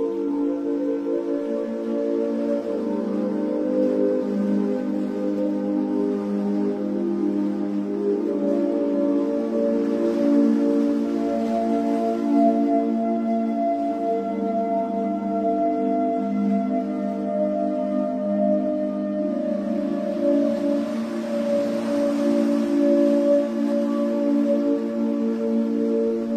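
Relaxing music of sustained, overlapping tones, steady and unhurried, mostly low-middle in pitch with a few faint higher notes, ringing like singing bowls. A soft washing swell rises around ten seconds and again near twenty-two seconds, like waves breaking beneath the music.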